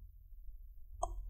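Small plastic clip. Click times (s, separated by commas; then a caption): 1.0 s. A plastic opening tool is pushed into the seam between the bottom cover and the chassis of an Acer Aspire Vero AV15-52-77MH laptop and twisted. Low background hum runs until a sharp, bright plastic click at 1.0 s, with ringing tones that fade out. The click marks a plastic clip on the laptop bottom cover releasing from the chassis.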